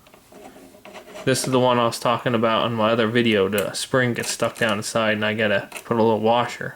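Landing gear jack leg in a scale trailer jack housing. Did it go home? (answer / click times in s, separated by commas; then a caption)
yes / 0.8 s. A spring-loaded plastic/metal landing gear jack leg on an RC4WD 1/14 scale semi trailer step deck flatbed trailer is pulled back out of its scale trailer jack housing, and its latch clicks at 0.8 s after a couple of faint ticks near the start. The leg latches out and is seated, then someone talks through the rest of the clip about a leg whose spring gets stuck down the side so it won't latch and needs a small washer.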